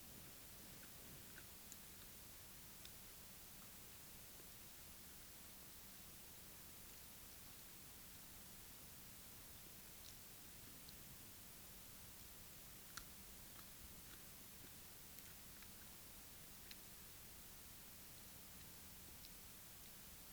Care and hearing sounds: daily activity, guitar pickup as the sensor; eat

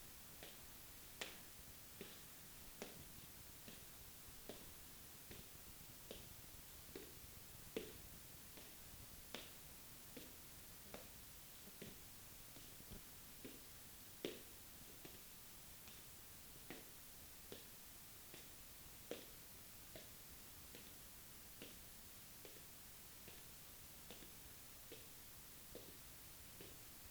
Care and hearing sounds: daily activity, guitar pickup as the sensor; walk

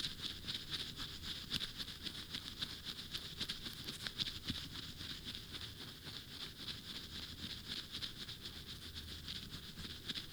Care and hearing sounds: daily activity, guitar pickup as the sensor; brush teeth

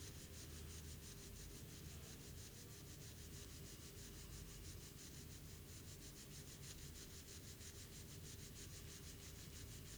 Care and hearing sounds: daily activity, guitar pickup as the sensor; brush teeth

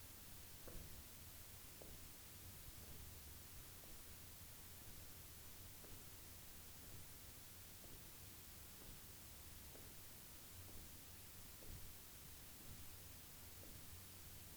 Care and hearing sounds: daily activity, guitar pickup as the sensor; jump

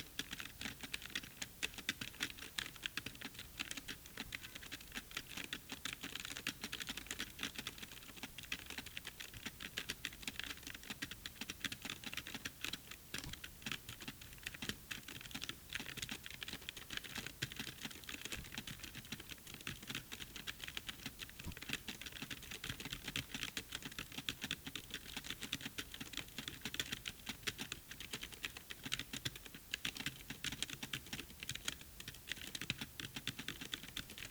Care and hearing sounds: daily activity, guitar pickup as the sensor; type

